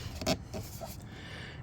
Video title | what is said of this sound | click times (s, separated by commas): CAN-AM RYKER STEALTH 6 LED ADD-ON KIT FOR GAS TANK OPENING AREA by BLR TUNING | It still snaps right in place like it's supposed to. | 0.2 s